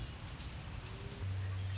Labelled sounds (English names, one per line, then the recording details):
Red-winged Blackbird
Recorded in Sonoma County, California